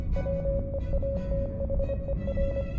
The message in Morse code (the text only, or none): WEATHER